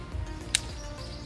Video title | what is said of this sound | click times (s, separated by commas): My Camera Bag Tour￼ | and gets locked into place | 0.6 s